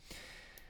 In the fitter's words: in terms of its action yes it does click down securely there's a satisfying click as one would expect